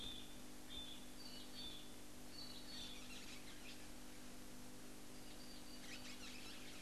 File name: Pale-headed Rosella